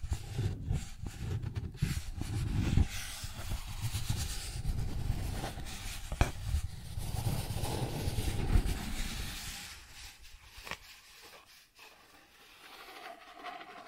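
Cardboard is scratched and rubbed in a dense, rough, unbroken stretch for about nine seconds, with a low rumble underneath and sharp snaps near three and six seconds. After ten seconds it thins to quieter, scattered scrapes and ticks.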